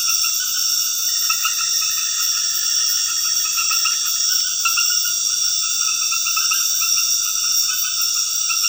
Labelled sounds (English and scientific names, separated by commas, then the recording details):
none
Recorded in dense forest near Puerto Asís, Putumayo, Colombia, on 19 February 2024 at 23:30
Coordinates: 0.496, -76.326
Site G6383